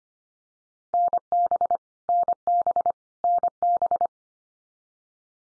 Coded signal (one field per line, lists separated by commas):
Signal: Morse code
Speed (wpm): 25 wpm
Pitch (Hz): 700 Hz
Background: none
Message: NB NB NB